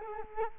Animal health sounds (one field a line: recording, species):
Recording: mosquito wingbeat signal from an infrared sensor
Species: Culex quinquefasciatus